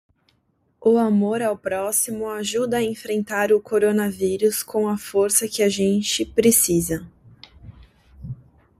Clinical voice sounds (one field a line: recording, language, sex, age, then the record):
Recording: spoken sentence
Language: Brazilian Portuguese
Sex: female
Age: 30 to 39 years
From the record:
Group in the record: control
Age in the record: 30 years